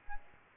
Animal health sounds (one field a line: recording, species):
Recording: mosquito wingbeat signal from an infrared sensor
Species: Aedes albopictus